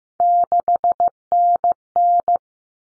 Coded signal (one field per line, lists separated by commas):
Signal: Morse code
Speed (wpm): 15 wpm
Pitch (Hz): 700 Hz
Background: none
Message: 6NN